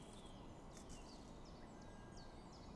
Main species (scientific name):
Phylloscopus collybita